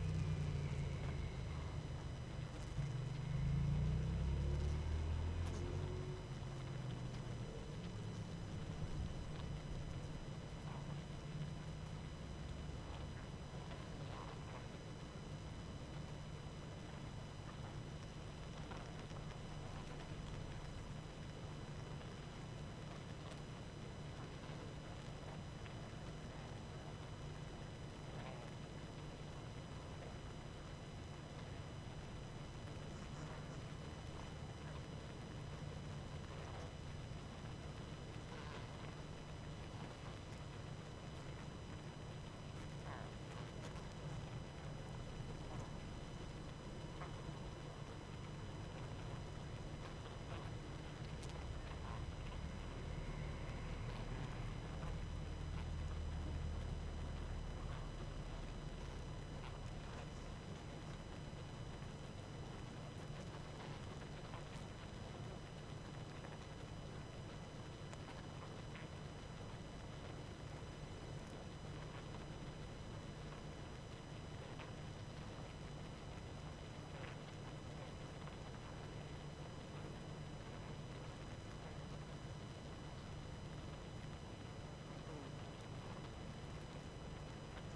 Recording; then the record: honeybee colony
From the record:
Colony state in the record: active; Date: 12 June 2018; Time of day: 21:18